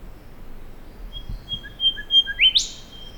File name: Pachycephala Pectoralis